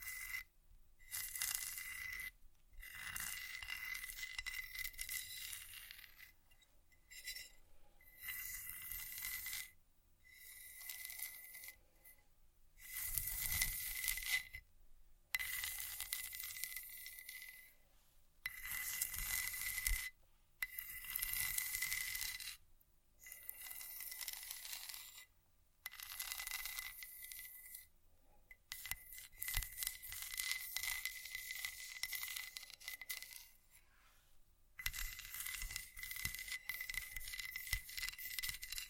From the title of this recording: vinyl,wood,tapping,scratchig,chain,glass,etc